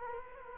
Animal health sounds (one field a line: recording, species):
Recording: mosquito wingbeat signal from an infrared sensor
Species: Culex quinquefasciatus